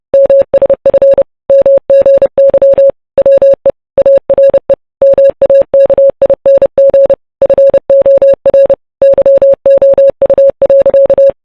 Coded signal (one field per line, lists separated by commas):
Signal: Morse code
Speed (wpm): 30 wpm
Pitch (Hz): 550 Hz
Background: music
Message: MSF MGY WE ARE MAKING FOR YOU.